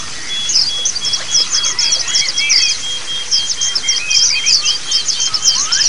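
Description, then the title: White-eye chorus: dense, overlapping high twittering from several birds in fast bursts, with a faint steady whistle tone and occasional rising slurred notes. Many white-eyes singing together (ombyokan) as a therapy sound used for training birds (masteran). "Suara Terapi Pleci Ombyokan"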